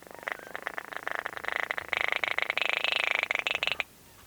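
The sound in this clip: Baillon's crake song: a continuous, rapid, frog-like rattle of dry pulses for nearly four seconds, then cutting off.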